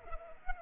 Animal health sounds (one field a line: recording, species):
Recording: mosquito wingbeat signal from an infrared sensor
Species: Culex pipiens